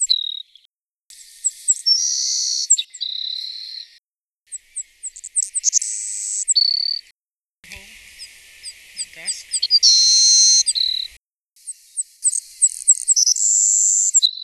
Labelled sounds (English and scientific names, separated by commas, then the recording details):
Savannah Sparrow (Passerculus sandwichensis) song
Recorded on Kent Island, New Brunswick, in 2009